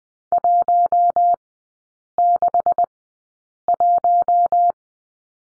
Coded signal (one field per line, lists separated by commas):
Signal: Morse code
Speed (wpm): 20 wpm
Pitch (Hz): 700 Hz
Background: none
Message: 161